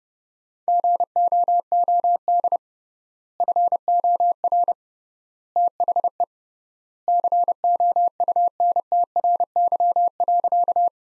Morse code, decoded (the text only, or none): GOOD FOR THE COUNTRY.